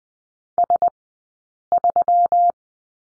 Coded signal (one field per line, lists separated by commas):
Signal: Morse code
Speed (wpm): 20 wpm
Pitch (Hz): 700 Hz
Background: none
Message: S3